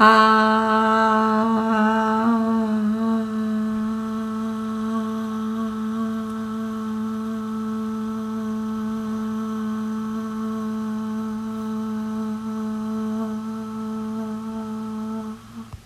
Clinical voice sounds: sustained vowel /a/; female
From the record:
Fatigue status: no fatigue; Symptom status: asymptomatic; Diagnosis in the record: COVID-19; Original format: m4a

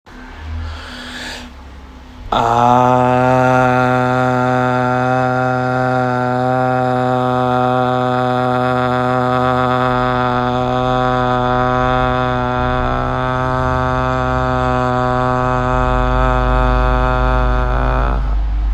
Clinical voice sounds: sustained vowel /a/; male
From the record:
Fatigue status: fatigue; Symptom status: symptomatic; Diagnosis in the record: COVID-19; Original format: m4a

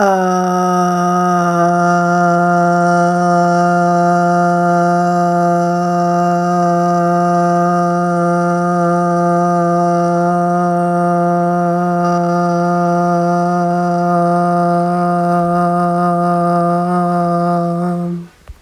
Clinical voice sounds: sustained vowel /a/; female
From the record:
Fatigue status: no fatigue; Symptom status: asymptomatic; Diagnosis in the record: COVID-19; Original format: m4a

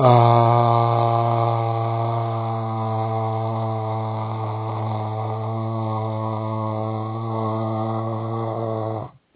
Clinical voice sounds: sustained vowel /a/; male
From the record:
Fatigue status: fatigue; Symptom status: symptomatic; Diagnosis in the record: COVID-19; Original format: 3gp

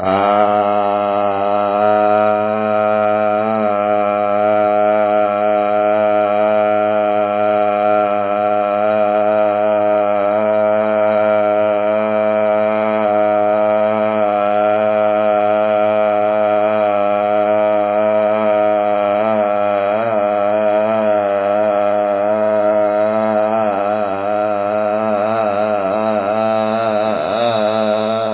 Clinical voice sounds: sustained vowel /a/; male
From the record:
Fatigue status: no fatigue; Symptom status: symptomatic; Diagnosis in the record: COVID-19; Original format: 3gp

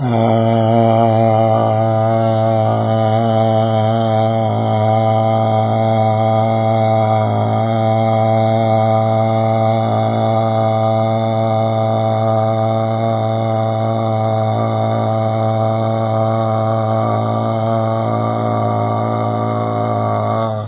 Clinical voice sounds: sustained vowel /a/; male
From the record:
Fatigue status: no fatigue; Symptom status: asymptomatic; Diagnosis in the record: COVID-19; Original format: 3gp

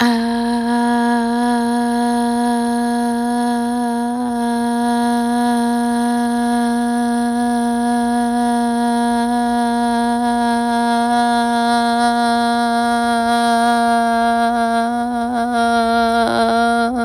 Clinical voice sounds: sustained vowel /a/; female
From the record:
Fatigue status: no fatigue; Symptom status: asymptomatic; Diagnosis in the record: COVID-19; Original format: m4a

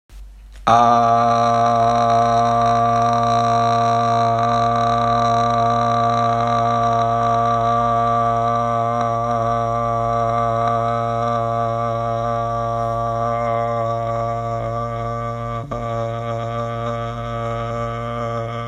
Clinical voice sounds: sustained vowel /a/; male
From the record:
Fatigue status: no fatigue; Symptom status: asymptomatic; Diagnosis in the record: COVID-19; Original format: m4a

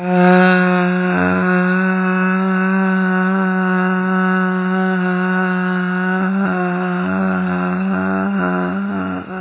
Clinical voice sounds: sustained vowel /a/; female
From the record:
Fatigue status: no fatigue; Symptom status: symptomatic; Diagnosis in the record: COVID-19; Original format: 3gp

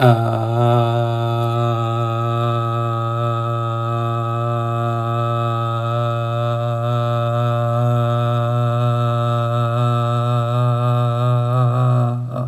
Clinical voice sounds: sustained vowel /a/; male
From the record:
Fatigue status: no fatigue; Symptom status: asymptomatic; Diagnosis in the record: COVID-19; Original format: m4a

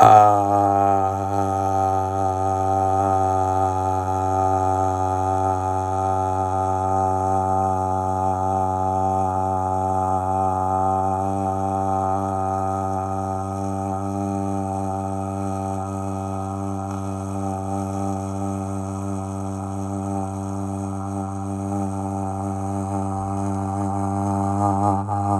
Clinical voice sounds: sustained vowel /a/; male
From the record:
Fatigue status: no fatigue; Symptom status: symptomatic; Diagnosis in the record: COVID-19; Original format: m4a

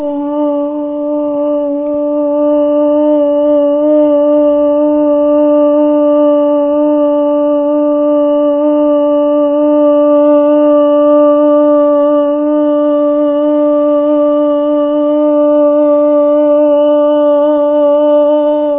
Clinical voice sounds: sustained vowel /a/; female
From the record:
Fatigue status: no fatigue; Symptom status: symptomatic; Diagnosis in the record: COVID-19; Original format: 3gp

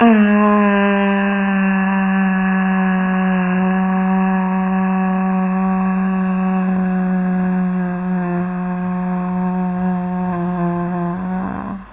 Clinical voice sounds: sustained vowel /a/; female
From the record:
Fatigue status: fatigue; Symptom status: symptomatic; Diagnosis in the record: COVID-19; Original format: 3gp

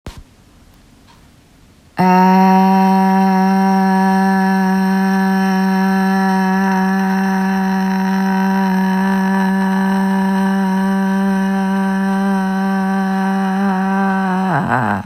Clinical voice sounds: sustained vowel /a/; female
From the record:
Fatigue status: fatigue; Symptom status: symptomatic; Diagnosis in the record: COVID-19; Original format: m4a

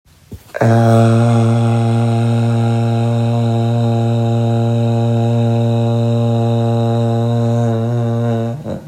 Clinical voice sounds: sustained vowel /a/; male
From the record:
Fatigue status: no fatigue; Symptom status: asymptomatic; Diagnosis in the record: COVID-19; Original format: m4a

